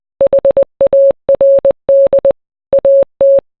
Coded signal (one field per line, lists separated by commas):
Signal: Morse code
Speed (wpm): 20 wpm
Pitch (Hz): 550 Hz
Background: none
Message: HARD AT